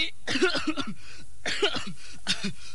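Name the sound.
coughing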